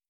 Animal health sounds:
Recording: hydrophone in a shrimp aquaculture tank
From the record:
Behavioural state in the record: starved

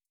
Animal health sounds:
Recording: hydrophone in a shrimp aquaculture tank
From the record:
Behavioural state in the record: starved

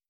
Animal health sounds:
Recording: hydrophone in a shrimp aquaculture tank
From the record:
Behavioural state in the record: starved

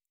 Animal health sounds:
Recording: hydrophone in a shrimp aquaculture tank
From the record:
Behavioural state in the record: normal

